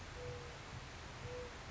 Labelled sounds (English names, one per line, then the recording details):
Mourning Dove
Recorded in Sonoma County, California